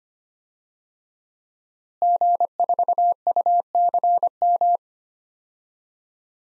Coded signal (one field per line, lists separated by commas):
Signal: Morse code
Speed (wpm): 25 wpm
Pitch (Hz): 700 Hz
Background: none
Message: G4UCM